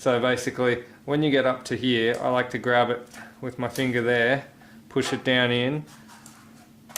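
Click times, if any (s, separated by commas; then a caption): 7.0 s. A gel blaster magazine is being loaded. The follower is pushed down and the mag is brought up until the follower clicks and locks into the magazine body, so it can then be fed with the speed loader. Someone talks through most of the clip, a faint tick comes at 6.3 s, and the sharp lock click lands at 7.0 s.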